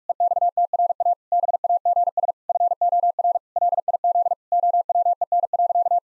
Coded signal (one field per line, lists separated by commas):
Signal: Morse code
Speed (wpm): 46 wpm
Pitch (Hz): 700 Hz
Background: none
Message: EXTRA BAGS FOR LIZ OWEN.